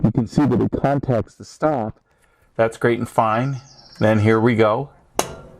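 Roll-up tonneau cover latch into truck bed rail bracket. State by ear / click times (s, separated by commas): seated / 5.2 s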